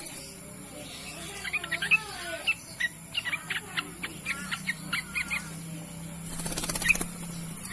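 Bird chirps and brief twittering notes in spaced bursts, over a low hum and a constant high hiss.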